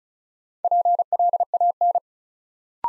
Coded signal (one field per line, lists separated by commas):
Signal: Morse code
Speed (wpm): 36 wpm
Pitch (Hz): 700 Hz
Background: none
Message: PLAN